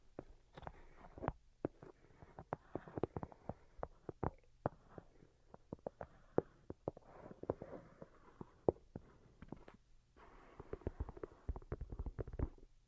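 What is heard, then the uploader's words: Delicate tapping runs throughout, a quick irregular patter of light, crisp taps with frequent sharper clicks standing out. The taps come in dense bursts separated by brief near-silent gaps, around 1.5, 4.5 and 10 seconds, over a faint low steady hum. Most Delicate and Calming Tapping. (No Talking).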